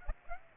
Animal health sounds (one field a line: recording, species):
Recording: mosquito wingbeat signal from an infrared sensor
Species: Aedes aegypti